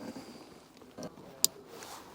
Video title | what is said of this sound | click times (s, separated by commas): etrailer - Mount: Covercraft SeatSaver Custom Seat Covers on a 2017 Ram 1500 | You'll hear it snap into place, and then you can even tighten it down by pulling on it. | 1.4 s